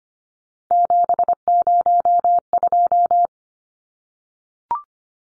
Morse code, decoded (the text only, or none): 702